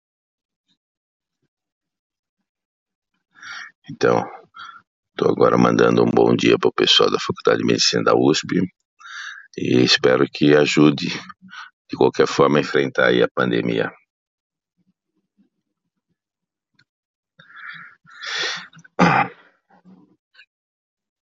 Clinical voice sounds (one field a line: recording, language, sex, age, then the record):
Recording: spoken sentence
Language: Brazilian Portuguese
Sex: male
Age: 60 to 69 years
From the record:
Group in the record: control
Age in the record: 67 years